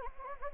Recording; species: mosquito wingbeat signal from an infrared sensor; Anopheles gambiae